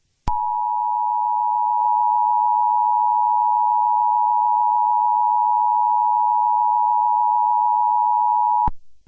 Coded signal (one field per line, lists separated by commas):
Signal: Emergency Alert System (SAME) tones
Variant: 853 and 960 Hz attention tone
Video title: Betelgeuse Remastered - A remastered EAS scenario